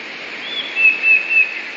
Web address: wroblowe teka 2 spiew. modraszkoteka